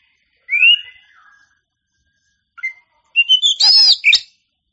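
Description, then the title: Oriental magpie-robin song: a clear rising whistle, a soft lower trill, a short note, then a loud burst of rich warbled and buzzy phrases. Singing champion bird. "Kicau Burung Kacer Juara"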